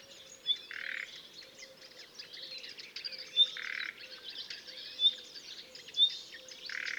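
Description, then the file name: Common nightingale singing busy high phrases of chirps, slurred whistles and brief trills, with a few loud sharp notes standing out above constant noise. "Luscinia megarhynchos"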